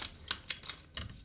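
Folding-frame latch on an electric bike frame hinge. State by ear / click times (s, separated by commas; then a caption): not seated / none. Handling of the folding-frame latch on a 2023 Windgoo E20 electric bike's frame hinge: the latch lever is pulled up and the frame clamp pressed shut, producing a few short, sharp clicks and knocks near 0.3, 0.5, 0.7 and 1.0 seconds. The clip ends before the latch snaps in place, so nothing has seated yet.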